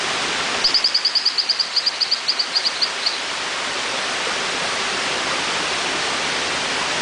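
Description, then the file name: Hylodes phyllodes calling with a burst of many bright, high chirps that slow down over two and a half seconds, then only the steady rush of water remains. "Hylodes phyllodes"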